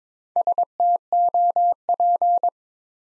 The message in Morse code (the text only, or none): STOP